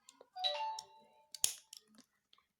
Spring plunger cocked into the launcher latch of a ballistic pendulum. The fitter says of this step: tarik Sampai bunyi klik Nah itu tempatkan ditempat